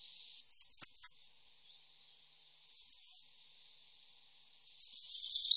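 Bird calls, high squeaky notes in short clusters separated by silences, including a rising sweep, ending in a rapid chattering series of chirps.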